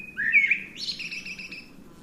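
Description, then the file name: Eurasian blackbird singing one short fluty, warbled phrase that rises and ends in a higher squeaky twitter, over a steady low hum. "Turdus merula"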